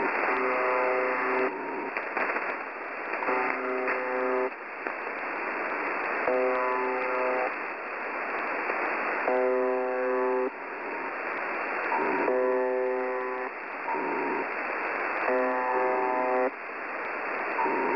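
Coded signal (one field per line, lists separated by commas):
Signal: channel marker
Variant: UVB-76 (The Buzzer)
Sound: harsh low buzzes about a second long, repeating every two to three seconds, over static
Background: radio static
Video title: UVB 76 - Strange noises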